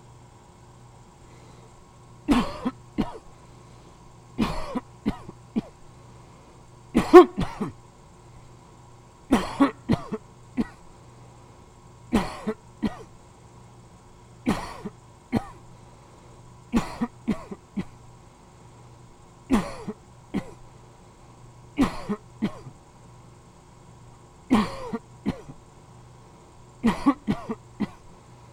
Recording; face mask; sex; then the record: voluntary coughing; surgical mask; male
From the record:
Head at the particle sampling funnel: tilted down, bridge of the nose in front of it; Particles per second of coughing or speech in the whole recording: 11.9